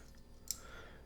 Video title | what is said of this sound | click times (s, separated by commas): Zoids Wild Beast Liger Review! | And they do like slightly lock into place. | 0.5 s